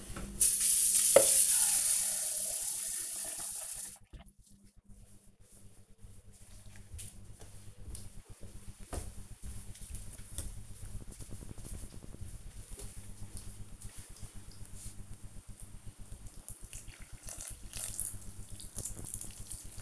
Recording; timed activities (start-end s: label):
household activities, microphone on the right wrist
0.00-19.82 s: watering plant